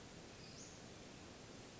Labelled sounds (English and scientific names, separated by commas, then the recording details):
Western Flycatcher (Empidonax difficilis)
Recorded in Sonoma County, California